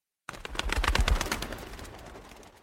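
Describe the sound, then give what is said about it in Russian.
A speckled homing pigeon in a small square cage coos in a quick series of soft, low, throaty pulses with a faint rustle behind them, loudest early on and then tapering off gradually. “Август отдал слуге квадратную клетушку с пестрым почтовым голубем, которую вез через весь город, отказываясь говорить, зачем ему понадобилась птица, лишь загадочно усмехался.”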